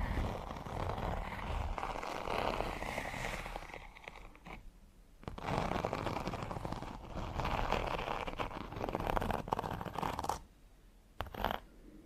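Fingernails scratch and drag over textured leather in dense, rough bursts, pausing briefly near five seconds and again around eleven.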